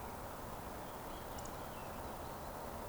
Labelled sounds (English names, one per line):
Eurasian Woodcock whistle